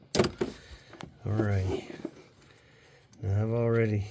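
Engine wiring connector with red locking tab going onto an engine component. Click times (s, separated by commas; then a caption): 0.2 s. An engine wiring connector is pushed back onto a component of a 5.7 Hemi engine while chasing a misfire, and its red plastic locking tab is pressed down, giving a sharp click at 0.2 s followed by a few softer ticks. The connector is seated and locked in, and afterward someone talks.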